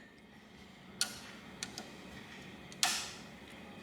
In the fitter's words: that click right there